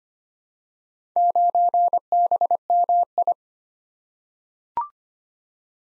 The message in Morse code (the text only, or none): 9BMI